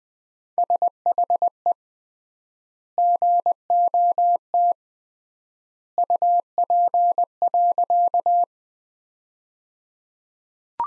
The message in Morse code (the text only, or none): SHE GOT UP.